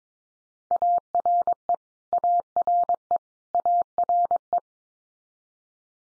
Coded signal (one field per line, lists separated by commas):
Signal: Morse code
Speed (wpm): 22 wpm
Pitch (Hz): 700 Hz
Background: none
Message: ARE ARE ARE